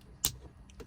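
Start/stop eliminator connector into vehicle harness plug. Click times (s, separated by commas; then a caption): 0.2 s. A Citreal auto start/stop eliminator module's plastic connector is pushed into the wiring harness connector of a Ford Maverick. A single sharp click rings out at 0.3 seconds, followed by a couple of faint soft ticks near the end. The connector is seated.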